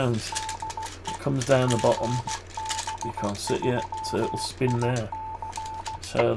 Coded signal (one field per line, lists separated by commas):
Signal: Morse code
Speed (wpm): 16 wpm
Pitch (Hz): 880 Hz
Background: speech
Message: DE GB3IC